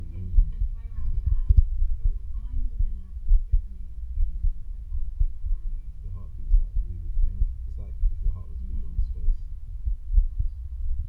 Heart beat.